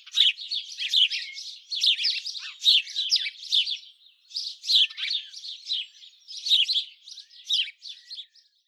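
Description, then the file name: House sparrow chirping: harsh, bright chirps in quick bursts of several notes, pausing briefly between bursts, steady throughout with no other clear sounds. "Passer domesticus"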